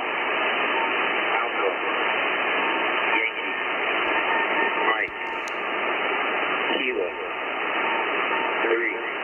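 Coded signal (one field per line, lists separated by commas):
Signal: coded military voice message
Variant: USAF EAM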